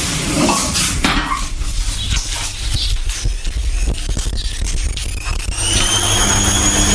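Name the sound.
washing machine running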